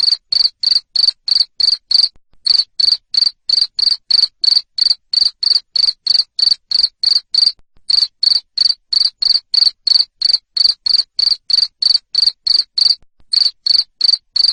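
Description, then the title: Cricket chirping in a long fast run of shrill buzzy pulses, about three each second, broken by a few short pauses. Loud cricket chirping played to make lovebirds sing continuously. "Suara JANGKRIK NGERIK Keras Bikin LOVEBIRD Jadi NGEKEK Terus Vubey"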